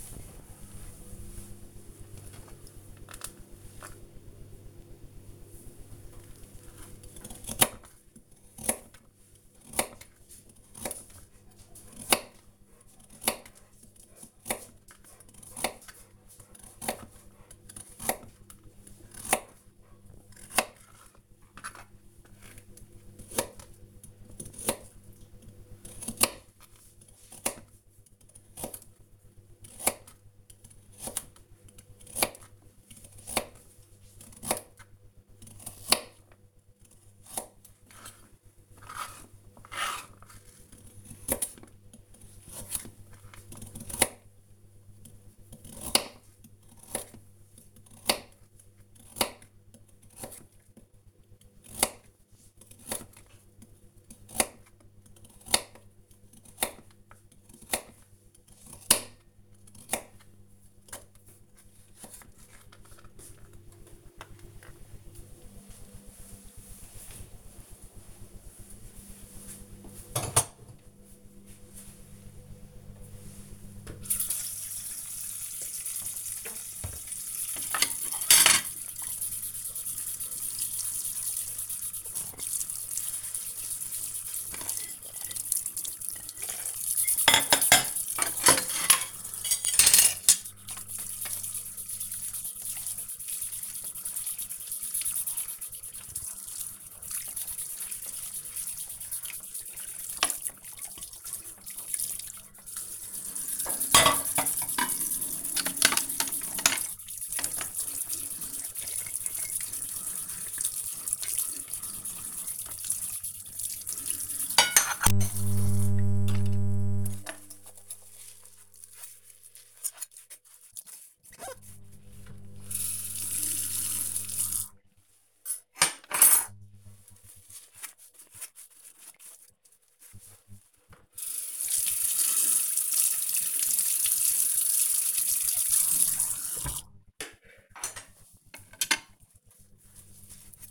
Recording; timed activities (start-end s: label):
household activities, microphone on the right wrist
5.57-62.91 s: cutting vegetables
71.95-140.71 s: washing dishes